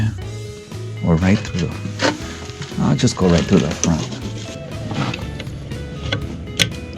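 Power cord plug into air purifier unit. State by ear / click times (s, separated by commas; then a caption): seated / 6.6 s. A power cord plug is pushed into the front of an air purifier unit while someone talks over background music. It seats with a sharp click at 6.6 s.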